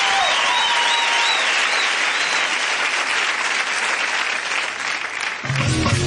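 A crowd breaks into loud, sustained applause, steady and dense for several seconds, with a few high whistles early on, before it cuts off abruptly near the end.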